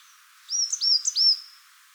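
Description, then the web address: Coal tit song: a single quick phrase of a few high, sweeping notes, clear over faint background hiss. "chant birdify Periparus ater"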